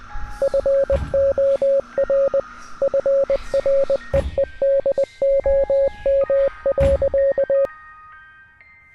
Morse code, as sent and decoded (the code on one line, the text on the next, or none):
..-. --- .-. / ..-. .-. . . -.. --- -- .-.-.-
FOR FREEDOM.